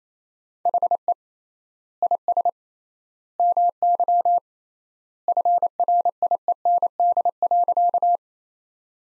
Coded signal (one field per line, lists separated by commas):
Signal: Morse code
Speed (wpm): 27 wpm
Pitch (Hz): 700 Hz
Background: none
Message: HE IS MY FRIEND.